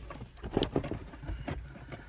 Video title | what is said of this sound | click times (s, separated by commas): HOW TO upgrade a Cadillac ATS Navigation - 2013 - 2017 Models | one's pink. Clicked right onto the center. | 0.6 s